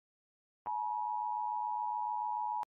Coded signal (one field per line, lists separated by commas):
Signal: Emergency Alert System (SAME) tones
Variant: 853 and 960 Hz attention tone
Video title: cute rates eas alarms part 2